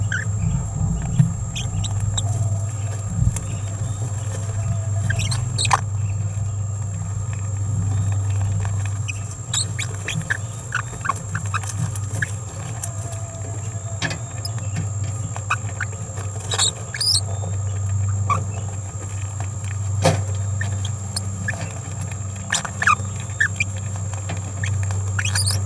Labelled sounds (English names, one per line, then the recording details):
Green-rumped Parrotlet babbling
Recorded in a nest box in Venezuela
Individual 18B17A4